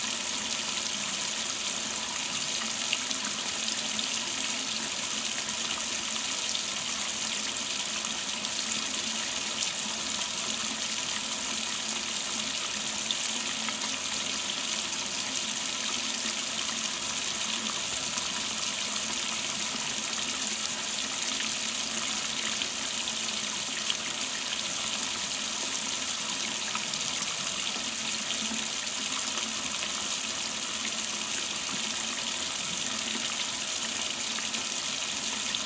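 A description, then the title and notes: Water runs steadily into a ceramic bowl, a constant bright hiss and splash with no pauses across the whole clip. The stream sounds dense, with faint ringing tones from the bowl under the rushing, and the level barely shifts. ASMR Running Water in Ceramic Bowl.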